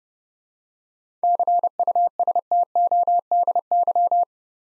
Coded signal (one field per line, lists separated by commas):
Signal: Morse code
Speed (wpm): 30 wpm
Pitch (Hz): 700 Hz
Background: none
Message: CUSTODY